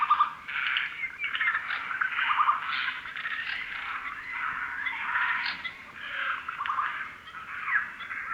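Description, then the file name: Eurasian jay making a near-continuous stream of hoarse, scratchy calls that swell and fade, with little pause between them. "Garrulus glandarius"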